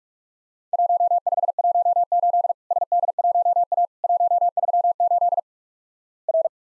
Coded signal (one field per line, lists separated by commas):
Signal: Morse code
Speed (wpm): 45 wpm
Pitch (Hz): 700 Hz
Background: none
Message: 1518 SD1A 138 R